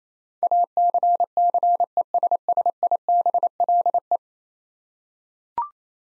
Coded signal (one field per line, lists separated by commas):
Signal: Morse code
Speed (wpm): 28 wpm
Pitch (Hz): 700 Hz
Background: none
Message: ACCESSIBLE